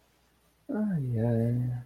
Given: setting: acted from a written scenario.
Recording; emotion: vocal sound without words; contentment